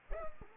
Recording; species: mosquito wingbeat signal from an infrared sensor; Culex pipiens